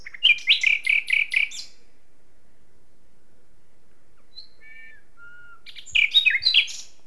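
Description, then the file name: Common nightingale song phrase of loud, rapidly repeated chirps, then soft pure whistles in the quiet gap, followed by another energetic burst of notes. "Luscinia megarhynchos"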